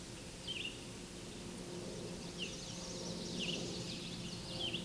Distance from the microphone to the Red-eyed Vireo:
about 35 m